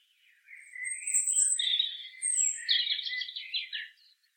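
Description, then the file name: European robin delivering one unbroken phrase: thin high whistles over warbling, ending in a fast rattling trill. "Erithacus rubecula"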